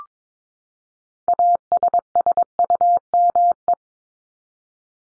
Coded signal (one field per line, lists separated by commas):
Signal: Morse code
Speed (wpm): 22 wpm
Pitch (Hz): 700 Hz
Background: none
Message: ASSUME